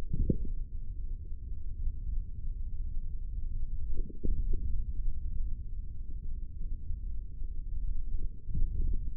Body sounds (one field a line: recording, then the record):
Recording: forearm muscle sounds (acoustic myography)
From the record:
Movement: index flexion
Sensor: system 3, bracelet of six PUI Audio POM-2738L microphones around the upper forearm, with dedicated amplification and filtering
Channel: 5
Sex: male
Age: 43 years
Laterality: right